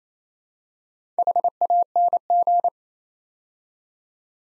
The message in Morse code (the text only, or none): HANG